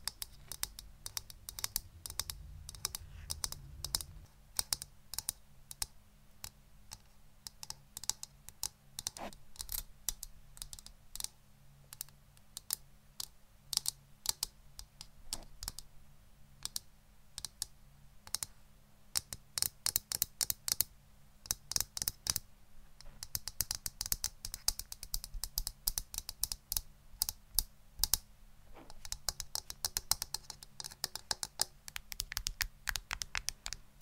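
Dense, fast tapping clicks, sharp and bright, sound over a low steady hum and brief rumbles early on.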